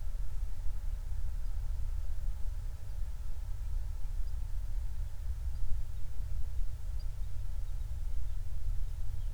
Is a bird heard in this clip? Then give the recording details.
yes. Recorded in the Prudhoe Bay oil fields, Alaska, on 28 July 2019 at 05:18. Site 25